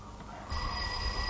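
A telephone starts ringing partway through, a steady bright electronic tone that holds on continuously over a low background rumble.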